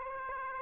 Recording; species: mosquito wingbeat signal from an infrared sensor; Aedes aegypti